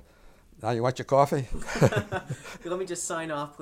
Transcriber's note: they laugh